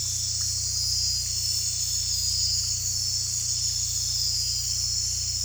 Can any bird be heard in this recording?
no